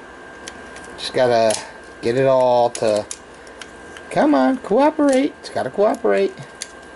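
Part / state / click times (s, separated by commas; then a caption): plastic transformable toy part into its slot on the toy body / not seated / none. Silver parts of a Transformers Prime Beast Hunters Ultra Magnus plastic toy are pushed into position between two sections of the toy body during its robot-to-vehicle transformation, with a few brief handling ticks while someone talks. The part is still being worked toward its slot, and nothing has seated or clicked yet.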